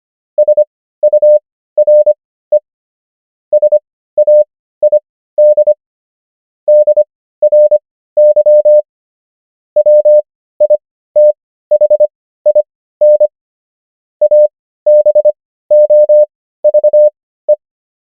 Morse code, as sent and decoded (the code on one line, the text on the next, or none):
... ..- .-. . / ... .- .. -.. / -.. .-. -.-- / .-- .. - .... .. -. / .- -... --- ...- .
SURE SAID DRY WITHIN ABOVE